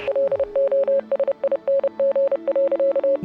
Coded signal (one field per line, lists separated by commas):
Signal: Morse code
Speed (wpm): 30 wpm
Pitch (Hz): 550 Hz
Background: none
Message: LOSING.